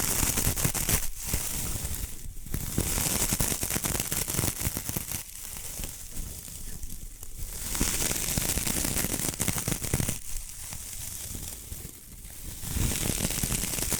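Bamboo being scratched and brushed in a dense, continuous stream of rapid crackling, clicking strokes. Bright hissy brushing swells in waves, easing briefly around two, five, seven and ten seconds before picking up again, with steady low rumble underneath throughout.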